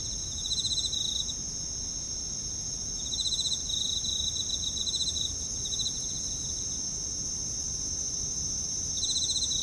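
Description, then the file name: Night insects calling in short pulsed trill bursts every two to three seconds over a constant high buzzing chorus. Night, Kashiwa Town, Japan; bugs with town ambience; mid-side stereo. "Japan Kashiwa Town Night Bugs and Ambience"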